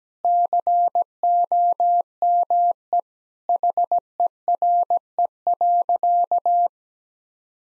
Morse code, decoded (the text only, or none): COME HERE.